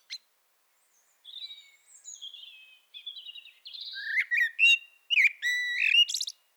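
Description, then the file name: Common blackbird song: scattered high thin notes, then a mellow fluted warble dropping low, ending in a squeaky, scratchy high twitter; otherwise quiet. "Turdus merula"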